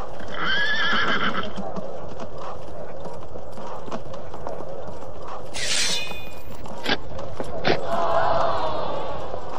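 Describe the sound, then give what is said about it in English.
A horse whinnies with high, wavering cries while its hooves clop and shuffle steadily as it steps onto a golden carpet, joined by a few sharp knocks and a murmur of background commotion. “He's not stopping his horse. His horse is stepping onto the golden carpet.”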